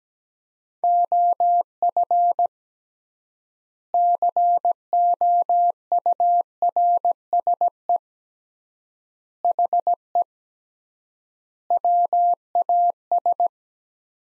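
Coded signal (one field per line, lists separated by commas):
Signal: Morse code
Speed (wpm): 17 wpm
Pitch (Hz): 700 Hz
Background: none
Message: OF COURSE HE WAS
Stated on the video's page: Morse code practice sentences from the top 500 words at 17 wpm with 3x standard word spacing.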